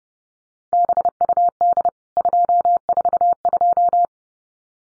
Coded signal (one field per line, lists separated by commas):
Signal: Morse code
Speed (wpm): 30 wpm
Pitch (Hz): 700 Hz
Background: none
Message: BUD 242